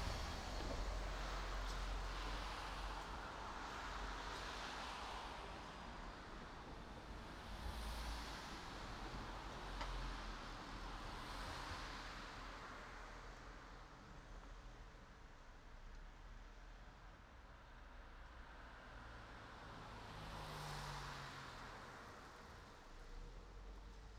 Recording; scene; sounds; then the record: everyday scene through a hearing-aid microphone; in traffic; traffic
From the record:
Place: city secondary road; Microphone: in the ear canal, right